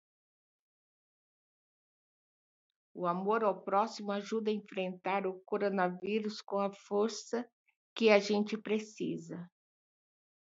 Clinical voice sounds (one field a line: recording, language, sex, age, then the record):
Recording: spoken sentence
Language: Brazilian Portuguese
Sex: female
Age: 60 to 69 years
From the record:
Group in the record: control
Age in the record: 65 years